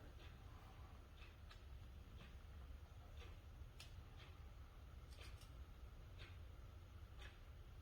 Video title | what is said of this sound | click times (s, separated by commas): (010) Remove Hoses/Cap Off Throttle Bodies: 21-25 #NinjaZX10R Transformation Mods Video Series | got a little click there | 3.8 s